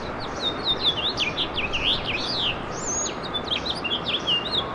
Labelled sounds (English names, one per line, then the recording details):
House Finch song
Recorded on Long Island, New York, on 24 April 2012
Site AS
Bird A